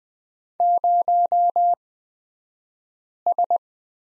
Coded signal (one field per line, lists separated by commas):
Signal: Morse code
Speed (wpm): 20 wpm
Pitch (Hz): 700 Hz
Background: none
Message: 0S